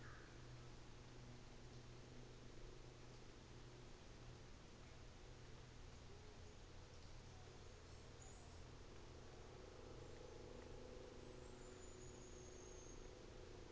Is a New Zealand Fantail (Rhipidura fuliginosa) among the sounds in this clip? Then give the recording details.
yes. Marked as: faintness 4/5, faintness 3/5. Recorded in New Zealand on 24 December 2018. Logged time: 13:05